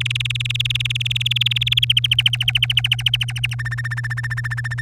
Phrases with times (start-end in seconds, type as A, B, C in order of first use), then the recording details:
0.01-1.85 A, 1.89-3.55 B, 3.59-4.81 C. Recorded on 3 May 2018 at 08:24. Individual llb3